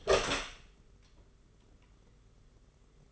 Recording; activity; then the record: daily activity, microphone in the room; open door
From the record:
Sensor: 4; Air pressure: 991.3 hPa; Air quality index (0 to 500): 134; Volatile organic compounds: 48 ppm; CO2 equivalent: 3266 ppm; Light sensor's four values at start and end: 9/21/8/9 and 14/34/13/15